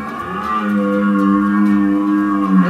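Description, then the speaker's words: Red deer roar, a long low droning bellow held steady at one pitch with rich harmonics, swelling slightly at the end. Red deer sounds made during fights in the rut, the mating season, heard at a national park education centre in Poland's Lublin region. "Rykowisko, czyli okres godowy jeleni. I tutaj w tle słychać odgłosy, jakie wydają jelenie podczas takiej walki."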